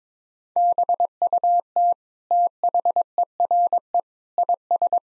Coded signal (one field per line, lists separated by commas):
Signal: Morse code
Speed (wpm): 22 wpm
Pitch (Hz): 700 Hz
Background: none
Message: BUT THERE IS